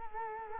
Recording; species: mosquito wingbeat signal from an infrared sensor; Culex quinquefasciatus